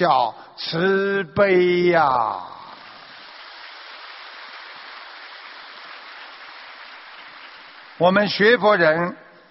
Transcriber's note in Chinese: 掌声